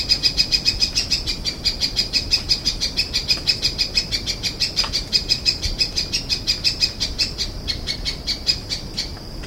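Mid-mountain berrypecker calls, a fast, steady series of sharp, high chipping notes repeated about three times a second throughout, with faint background hiss.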